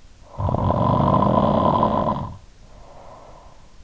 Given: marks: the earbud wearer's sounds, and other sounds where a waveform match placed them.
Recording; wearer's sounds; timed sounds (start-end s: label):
sounds in sleep by an in-ear microphone; snoring breath
0.06-3.83 s: snoring breath